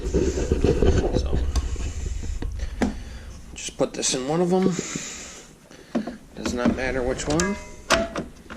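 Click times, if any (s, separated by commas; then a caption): none. An Atlas 80V lithium battery pack is handled and lowered toward one of the two battery bays of an Atlas 80V lawn mower while someone talks, with brief plastic knocks and taps along the way. Nothing has seated or clicked yet.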